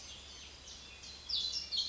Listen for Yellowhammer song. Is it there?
no